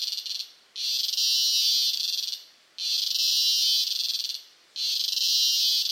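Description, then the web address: Cicada call: strident high buzz switched on and off in regular blocks, a few stuttered short bursts at the start, then sustained pulses separated by quick pauses. Close-up, Costa Rica. "Big Room Sound Insect Ciccada CU Costa Rica"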